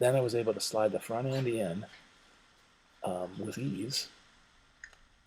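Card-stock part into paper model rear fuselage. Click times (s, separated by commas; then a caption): 4.8 s. A card-stock part of a Dornier Arrow paper aircraft model is slid into the rear fuselage through the open cockpit and pressed carefully into position. Someone talks for most of the clip. After a pause, a sharp click at 4.8 s marks the part snapping into place, followed by a faint tick just after.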